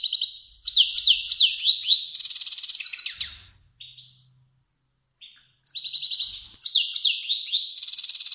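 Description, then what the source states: Finch song: a long run of rapid high trills and downward slurs, a quiet gap with soft notes, then the trilled run resumes. Kermani finch.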